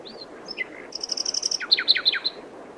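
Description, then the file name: Common nightingale phrase: short whistles, a rapid high stuttering trill, then four or five loud descending whip-like notes in steady succession. "Luscinia megarhynchos"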